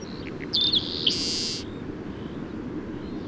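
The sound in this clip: Bird song: a single phrase of high whistled notes ending in a loud, harsh buzz, with a constant low rumbling background.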